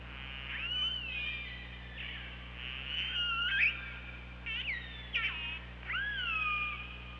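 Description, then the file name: Killer whale calls: a series of squealing, bending tonal calls, some rising then falling, with pulsed bursts between, over steady low hydrophone hum. Recorded by OrcaLab hydrophone on 24 August 2017 at 15:23:08. "Orca Lab UTLN JASON 20170824 152308"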